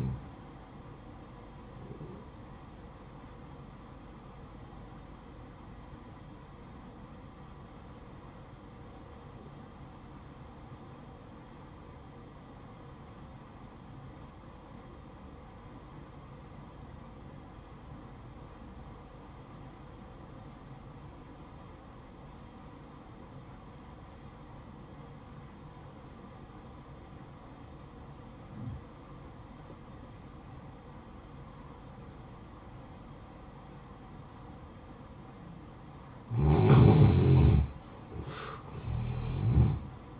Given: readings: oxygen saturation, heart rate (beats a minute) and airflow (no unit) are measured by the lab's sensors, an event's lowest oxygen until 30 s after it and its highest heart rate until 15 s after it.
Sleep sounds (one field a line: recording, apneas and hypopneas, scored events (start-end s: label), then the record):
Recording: breathing in sleep by a smartphone at the bedside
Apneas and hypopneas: 1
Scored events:
3.00-40.20 s: new sleep stage, N1 (lightest sleep)
5.00-33.30 s: obstructive apnea (N1, oxygen 95% highest, then 89% lowest, heart rate 57 at the start, 69 highest)
From the record:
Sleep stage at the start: N2 (light sleep)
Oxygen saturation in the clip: 90 to 95%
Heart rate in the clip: 55 to 67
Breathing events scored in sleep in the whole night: 573 in 9.8 hours asleep